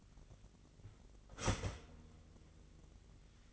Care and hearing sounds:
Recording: daily activity, microphone in the room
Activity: start toaster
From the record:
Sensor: 4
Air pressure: 1002.7 hPa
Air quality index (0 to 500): 234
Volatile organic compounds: 16 ppm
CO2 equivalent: 2534 ppm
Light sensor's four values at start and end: 21/73/27/27 and 17/58/22/21

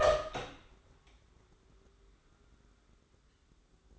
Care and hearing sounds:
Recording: daily activity, microphone in the room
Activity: open door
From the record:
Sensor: 3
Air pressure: 1015.2 hPa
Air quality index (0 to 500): 180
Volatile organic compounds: 17 ppm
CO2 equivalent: 2584 ppm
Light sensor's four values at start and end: 16/40/16/17 and 16/40/16/17

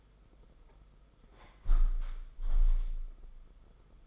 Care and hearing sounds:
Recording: daily activity, microphone in the room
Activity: close window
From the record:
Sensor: 5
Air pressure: 991.5 hPa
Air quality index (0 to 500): 109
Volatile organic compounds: 25 ppm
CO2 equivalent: 2841 ppm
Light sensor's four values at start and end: 39/127/48/51 and 39/126/48/51

